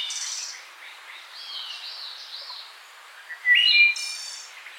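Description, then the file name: Wood thrush gives one clear flutey phrase ending in a ringing high trill. "Hylocichla mustelina - Wood Thrush"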